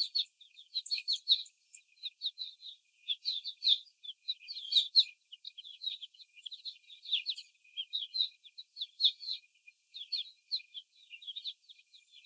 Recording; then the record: young laying hens in a cage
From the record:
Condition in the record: after the stressor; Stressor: simulated dog barking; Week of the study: 4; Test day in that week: 3